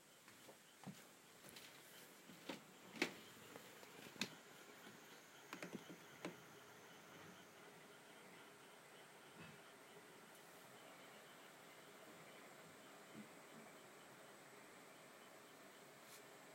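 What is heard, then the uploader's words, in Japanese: Everyday household sounds: a steady low hiss runs throughout, with a scatter of short clicks and taps over the first seven seconds, clustered around the two to six second mark. After that it settles into the even hiss, broken by only a few faint ticks. 田舎の夕方。トーク無し.音のみ.イヤフォン推奨(中〜大).生活音。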